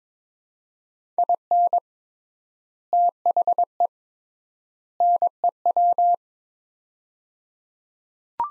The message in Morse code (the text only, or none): IN THE NEW